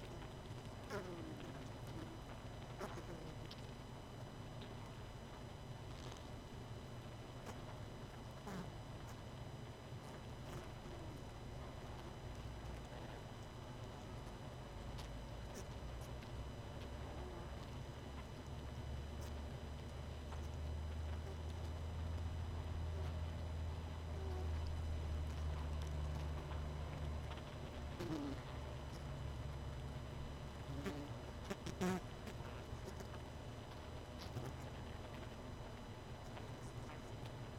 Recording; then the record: honeybee colony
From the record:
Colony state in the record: missing queen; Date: 31 May 2018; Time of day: 20:51